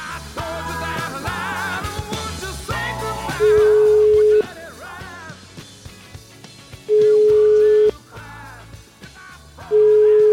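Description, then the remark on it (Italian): A telephone ringback tone from a call placed on the radio show La Zanzara sounds as three loud, steady one-second beeps at a single low pitch, evenly spaced a few seconds apart, over a busy background of music. “vogliamo fare una telefonatina”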